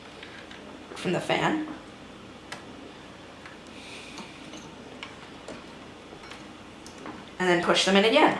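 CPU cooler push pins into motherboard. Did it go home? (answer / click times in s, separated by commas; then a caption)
no / none. Someone talks while handling the plastic push pins of a CPU cooler over the motherboard holes, with a few faint, brief ticks and taps between the words. The clip ends just before the pins are pushed home, so nothing has seated or clicked into the motherboard yet.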